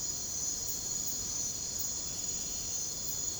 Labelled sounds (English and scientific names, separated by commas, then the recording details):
none
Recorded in secondary vegetation near Puerto Asís, Putumayo, Colombia, on 21 December 2024 at 23:30
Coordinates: 0.489, -76.322
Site G059